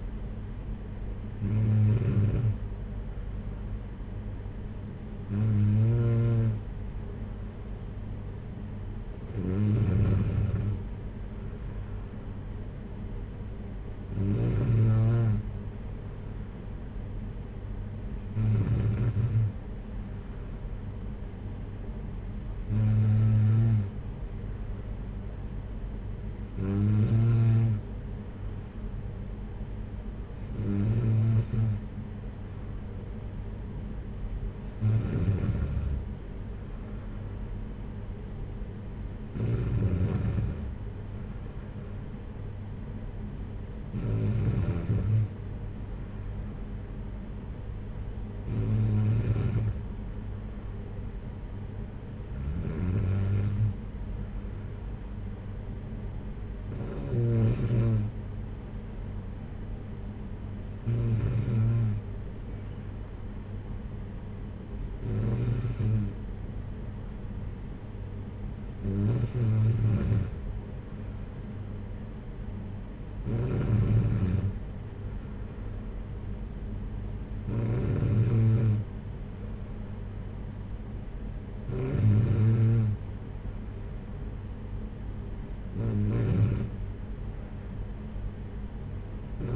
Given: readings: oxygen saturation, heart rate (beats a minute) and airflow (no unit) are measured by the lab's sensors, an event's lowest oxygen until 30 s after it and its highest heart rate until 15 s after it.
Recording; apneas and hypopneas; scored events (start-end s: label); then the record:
breathing in sleep by a smartphone at the bedside; none
none scored
From the record:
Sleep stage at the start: N2 (light sleep); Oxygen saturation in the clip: 93 to 94%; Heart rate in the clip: 55 to 60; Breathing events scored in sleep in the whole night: 226 in 8.8 hours asleep